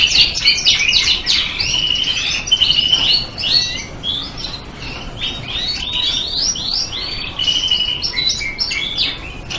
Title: Suara Burung Kenari Border (Border Fancy) Masteran